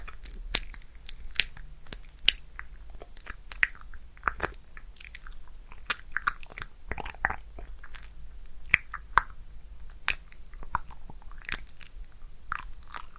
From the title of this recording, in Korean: 입소리폭탄 핀마이크 괴롭히기